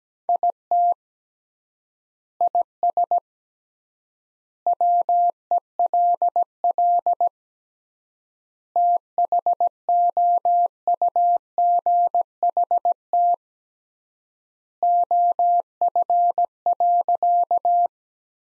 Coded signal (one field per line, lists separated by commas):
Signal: Morse code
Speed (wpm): 17 wpm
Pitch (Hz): 700 Hz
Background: none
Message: IT IS WELL THOUGHT OF.